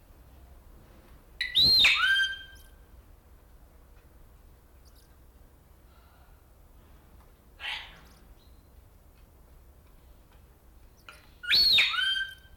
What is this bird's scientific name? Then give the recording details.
Probosciger aterrimus. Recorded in captivity. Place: Tiergarten Nürnberg, Bayern, DE. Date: 1995-09-08. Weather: sonnig, ca. 11°C. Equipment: Nagra SN, Sennheiser ME 80, Kopie Uher 4000 Report Monitor. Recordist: Tembrock, Günter